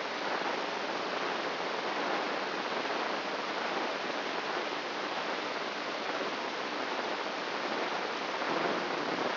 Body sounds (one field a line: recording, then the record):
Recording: brain microelectrode recording played as sound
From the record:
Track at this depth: outside the subthalamic nucleus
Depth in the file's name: 8.628 mm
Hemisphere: left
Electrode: 3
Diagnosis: Parkinson's disease